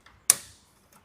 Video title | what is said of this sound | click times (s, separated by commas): 16BC13 Thermostat Replacement Dacia Sandero | again wait to hear that click | 0.3 s